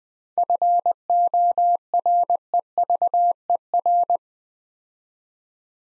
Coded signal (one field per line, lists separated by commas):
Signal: Morse code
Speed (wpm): 20 wpm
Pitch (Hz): 700 Hz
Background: none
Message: FOREVER